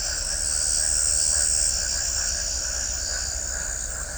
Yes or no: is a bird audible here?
no